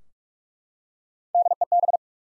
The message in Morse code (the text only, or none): DEB